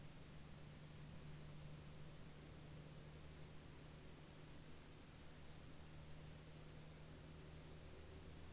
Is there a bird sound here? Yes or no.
no